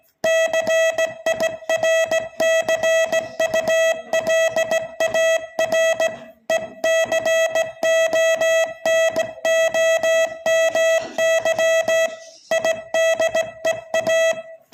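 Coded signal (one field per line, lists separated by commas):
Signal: Morse code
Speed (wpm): 16 wpm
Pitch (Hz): 650 Hz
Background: music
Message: CIRCULAR ECONOMY IDEA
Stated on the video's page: Real Morse signalling recorded at slightly above 20 words per minute.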